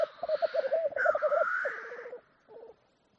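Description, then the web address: Black grouse rolling out fast low bubbling pulses that overlap a drawn-out wheezy hiss, then a short final burst of bubbling. "ptitsa-teterev-variant-2"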